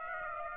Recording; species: mosquito wingbeat signal from an infrared sensor; Aedes aegypti